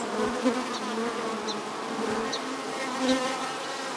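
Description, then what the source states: Bees buzzing as a steady, thick hum, with soft wind noise underneath. Bees inside a hive in a tree, with wind.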